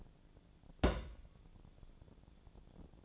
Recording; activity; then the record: daily activity, microphone in the room; place on stove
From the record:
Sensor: 5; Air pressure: 1000.0 hPa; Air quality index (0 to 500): 94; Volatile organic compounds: 1 ppm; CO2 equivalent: 760 ppm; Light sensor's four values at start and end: 376/892/387/435 and 375/887/385/433